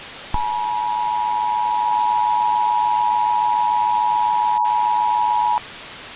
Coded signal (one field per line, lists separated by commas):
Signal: Emergency Alert System (SAME) tones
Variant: 853 and 960 Hz attention tone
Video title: West Coast Evacuation - EAS 9